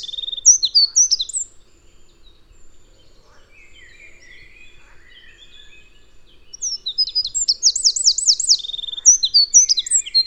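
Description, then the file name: Eurasian wren singing high, vigorous twittering phrases, then a pause of quieter chatter before another loud burst with a fast rattling trill. "Troglodytes troglodytes"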